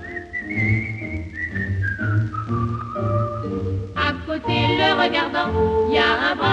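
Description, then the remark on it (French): A fisherman at the water's edge, fishing, whistles a high, clear melody that glides and wavers over a steady instrumental accompaniment with a pulsing bass, and the backing turns brighter and fuller partway through. “Tandis que flotte son bouchon, il sifflote une chanson.”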